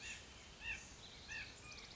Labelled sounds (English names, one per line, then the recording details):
White-breasted Nuthatch
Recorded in Sonoma County, California